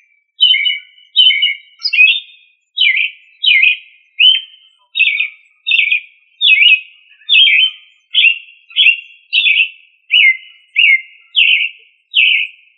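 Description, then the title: Thrush song as a steady string of many short, bright whistled phrases, each slightly different, repeated with little pause. "Familia Turdidae - Sabia"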